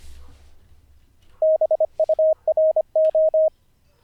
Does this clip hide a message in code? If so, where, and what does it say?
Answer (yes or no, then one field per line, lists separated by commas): yes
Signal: Morse code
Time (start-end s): 1.4-3.5 s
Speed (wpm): 25 wpm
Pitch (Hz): 630 Hz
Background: none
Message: BURO